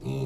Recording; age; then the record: pig call; weaner (32 to 43 days)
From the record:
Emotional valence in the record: negative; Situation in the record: novel object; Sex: female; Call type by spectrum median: low-frequency call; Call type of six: low-frequency stable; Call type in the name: low-frequency stable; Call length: 0.27 s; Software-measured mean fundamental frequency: 64 Hz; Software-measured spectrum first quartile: 137 Hz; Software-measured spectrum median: 239 Hz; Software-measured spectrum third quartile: 520 Hz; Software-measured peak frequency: 140 Hz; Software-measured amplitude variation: 79 dB a second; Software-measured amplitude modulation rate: 18.8 a second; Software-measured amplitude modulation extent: 4.2 dB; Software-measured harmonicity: -3.9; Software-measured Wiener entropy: -0.44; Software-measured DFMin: 1246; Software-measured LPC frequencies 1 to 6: 313, 2598, 3670, 4010, 5810, 7537 Hz